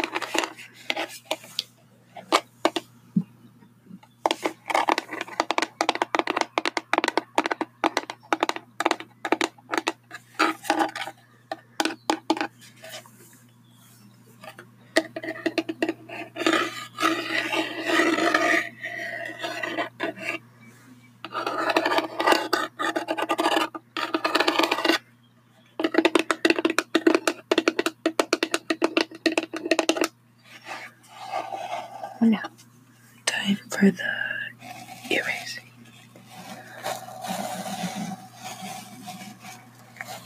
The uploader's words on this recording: Tapping and brushing sounds. The types of brushes I used where new paint brushes that sounded amazing!